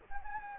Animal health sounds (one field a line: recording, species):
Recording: mosquito wingbeat signal from an infrared sensor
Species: Anopheles gambiae